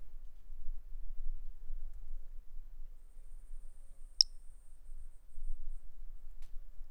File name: Brachycephalus tridactylus individual 08 not collected by MR Bornschein 160310